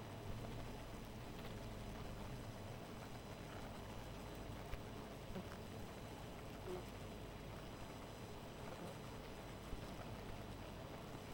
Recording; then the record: honeybee colony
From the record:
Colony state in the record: missing queen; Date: 14 July 2017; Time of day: 2:17